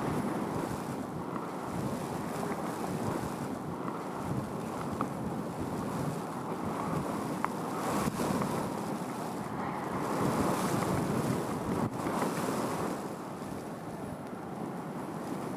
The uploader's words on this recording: Dune Wind. Recorded July 2022.